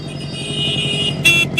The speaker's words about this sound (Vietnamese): Ông ra xem có tiếng xe máy đi vào ngõ kia kìa.